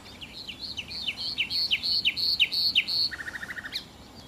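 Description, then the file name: Common nightingale song of repeated, paired whistles, each a falling slur and a clear note, that ends in a quick, low rattling trill. "Nachtigall"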